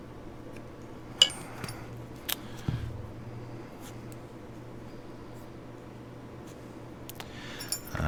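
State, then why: Not seated. A small part, likely the firing pin retaining button, is pressed into the slide of a Ruger SR9c pistol during reassembly, with a steady low hum underneath. Sharp metallic ticks ring out at 1.2 s and 2.3 s, and a cluster of light taps and scrapes follows around 7.1 to 8.0 s. The part has not seated or clicked yet; it fails to go in and another attempt is needed.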